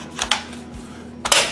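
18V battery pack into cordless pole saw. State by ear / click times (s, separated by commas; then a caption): seated / 0.3 s. An 18V slide-on battery pack is pushed along the rails into the plastic battery housing of a Kebtek 2-in-1 cordless pole saw until it latches. A soft tap at 0.2 s is followed by a sharp click at 0.3 s as it seats, and a second loud hit at 1.3 s carries a brief ringing tail. The battery ends up seated in the tool.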